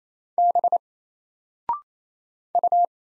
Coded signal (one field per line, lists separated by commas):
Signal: Morse code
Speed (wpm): 28 wpm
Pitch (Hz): 700 Hz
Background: none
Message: B U